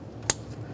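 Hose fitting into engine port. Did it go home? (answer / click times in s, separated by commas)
yes / 0.3 s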